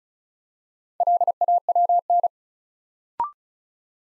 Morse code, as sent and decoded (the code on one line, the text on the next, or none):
.-.. .- .-- -.
LAWN